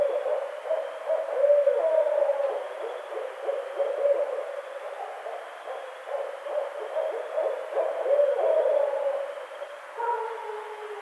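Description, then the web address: Barred owl calling in a long bout of low, bubbling hoots, rising and falling in loudness, with a higher drawn-out note near the end. 23 April 2009. "Barred Owl 2009 04 23 Barred Owl 01"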